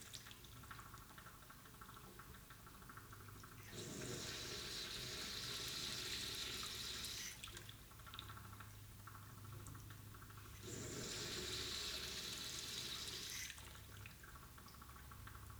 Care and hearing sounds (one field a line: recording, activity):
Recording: daily activity, guitar pickup as the sensor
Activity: flush